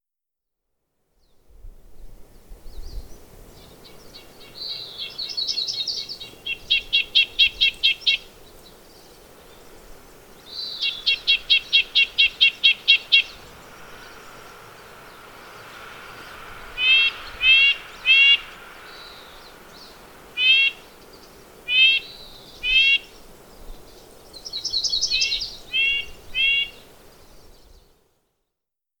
Red-breasted Nuthatch call and "song" recorded on the Sun Valley Trail in Rocky Mountain National Park. Note that a Yellow-rumped Warbler can also be heard in the recording.